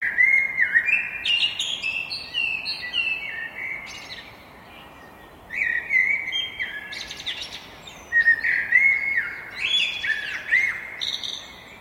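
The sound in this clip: Blackbirds calling: whistled and slurred notes with buzzy, higher squeaks, in repeated bursts over a steady hiss.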